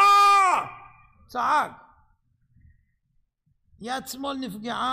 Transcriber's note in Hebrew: צעק!